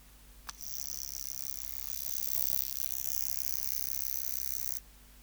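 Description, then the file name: Grasshopper buzzing song after a single click, a bright hissing whirr that grows slightly louder midway and runs about four seconds, ending suddenly. "Stenobothrus rubicundulus"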